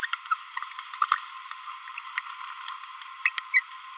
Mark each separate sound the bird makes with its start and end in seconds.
0.02-0.05, 0.31-0.34, 3.26-3.29, 3.54-3.60